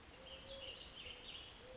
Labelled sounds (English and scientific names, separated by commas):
Eurasian Collared Dove (Streptopelia decaocto)